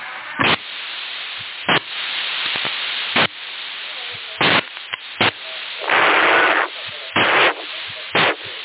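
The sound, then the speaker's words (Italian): CB radio static: a steady band-limited hiss broken by a dozen sharp, irregular bursts of loud crackle, including one longer roaring surge of noise, with no voices. “se non sollevi il volume di quella radio, come pretendi di ascoltare?”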